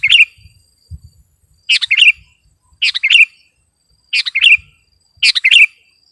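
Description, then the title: Sooty-headed bulbul song: five short bubbly, chirpy phrases, with faint low thumps. "kutilang"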